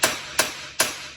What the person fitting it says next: Oh, it popped into place there.